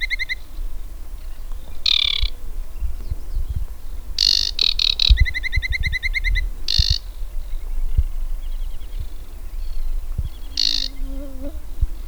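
Aquatic warbler singing short bursts: harsh buzzy rattles alternating with rapid, evenly pulsed trills, separated by pauses, over steady low rumbling noise.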